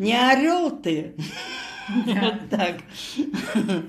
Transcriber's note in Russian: смеётся